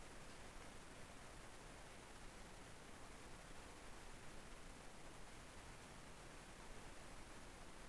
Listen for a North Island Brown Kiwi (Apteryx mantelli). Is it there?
no